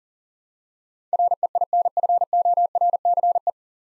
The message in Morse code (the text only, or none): REINFORCE